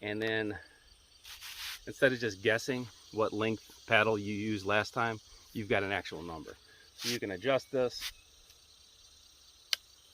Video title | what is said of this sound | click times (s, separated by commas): Isle Sportsman Stand Up Paddle Board | lock it in, and it's super secure. | 9.7 s